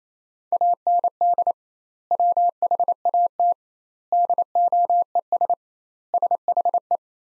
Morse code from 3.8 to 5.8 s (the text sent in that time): DOES